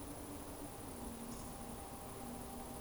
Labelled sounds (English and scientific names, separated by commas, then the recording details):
Eurasian Woodcock (Scolopax rusticola) whistle
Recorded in Baden-Württemberg, Germany, on 25 June 2020 at 19:44 UTC
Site 24578, 122 m above sea level